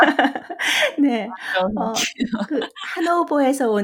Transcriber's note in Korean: 웃음